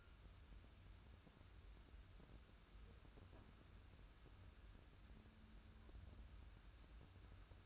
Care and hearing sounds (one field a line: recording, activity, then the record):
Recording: daily activity, microphone in the room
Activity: wipe stove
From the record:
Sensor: 2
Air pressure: 994.3 hPa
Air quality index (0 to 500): 213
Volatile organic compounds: 1000 ppm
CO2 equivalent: 7049 ppm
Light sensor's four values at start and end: 137/327/138/143 and 136/325/137/142